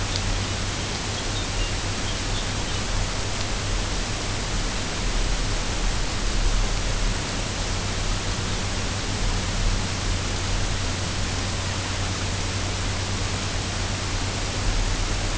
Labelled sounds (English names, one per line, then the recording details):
Lapland Longspur
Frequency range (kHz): Lapland Longspur 2.5-5.7 kHz
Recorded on Arctic tundra, site UTQI-5, on 21 June 2018
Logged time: 14:00